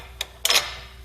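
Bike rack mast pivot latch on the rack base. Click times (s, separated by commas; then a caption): 0.4 s. A hitch-mounted Hollywood Racks Destination bike rack for 4 bikes on a 2020 Cadillac Escalade has its metal mast walked up into the folding position. A short tick at about 0.2 s comes first. Then the pivot latch on the rack base clicks into place at 0.5 s with a louder metallic snap and brief ringing, seating the mast in its folded position.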